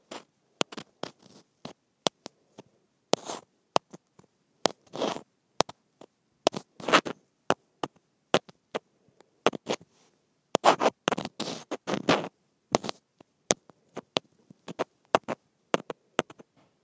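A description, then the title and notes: A microphone taps against plastic in sharp, bright clicks scattered irregularly across the whole stretch, sometimes singly, sometimes in quick flurries. Between the taps come short scraping rubs, with a dense cluster of clicks and scrapes around eleven to twelve seconds. Microphone Tapping Against Plastic.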